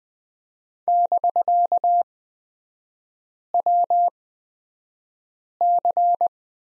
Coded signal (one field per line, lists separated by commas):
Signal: Morse code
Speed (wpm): 20 wpm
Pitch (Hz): 700 Hz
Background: none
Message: <BK>WC